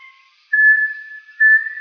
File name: Bartlett's tinamou